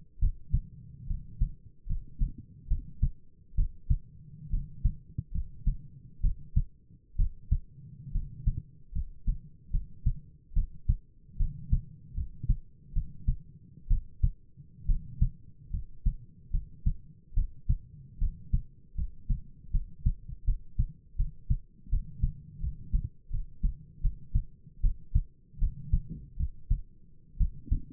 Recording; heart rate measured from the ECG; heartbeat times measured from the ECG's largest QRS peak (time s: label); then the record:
heart sounds by stethoscope; 73 bpm
0.19 s: heartbeat
1.06 s: heartbeat
1.86 s: heartbeat
2.67 s: heartbeat
3.54 s: heartbeat
4.49 s: heartbeat
5.31 s: heartbeat
6.20 s: heartbeat
7.15 s: heartbeat
8.11 s: heartbeat
8.92 s: heartbeat
9.70 s: heartbeat
10.53 s: heartbeat
11.36 s: heartbeat
12.14 s: heartbeat
12.92 s: heartbeat
13.87 s: heartbeat
14.85 s: heartbeat
15.70 s: heartbeat
16.50 s: heartbeat
17.33 s: heartbeat
18.18 s: heartbeat
18.94 s: heartbeat
19.70 s: heartbeat
20.44 s: heartbeat
21.15 s: heartbeat
21.88 s: heartbeat
22.59 s: heartbeat
23.29 s: heartbeat
24.00 s: heartbeat
24.80 s: heartbeat
25.58 s: heartbeat
26.36 s: heartbeat
27.37 s: heartbeat
From the record:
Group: healthy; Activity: rest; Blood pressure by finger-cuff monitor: 109/59 mmHg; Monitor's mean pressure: 71 mmHg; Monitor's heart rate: 76 bpm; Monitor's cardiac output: 8.1 L/min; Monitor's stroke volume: 111 mL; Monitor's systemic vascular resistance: 610 dyn s/cm5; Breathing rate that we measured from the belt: 17 breaths a minute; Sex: male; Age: 22 years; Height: 185 cm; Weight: 112.4 kg